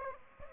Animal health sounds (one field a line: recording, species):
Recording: mosquito wingbeat signal from an infrared sensor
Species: Aedes aegypti